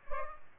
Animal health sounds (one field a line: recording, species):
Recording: mosquito wingbeat signal from an infrared sensor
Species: Culex pipiens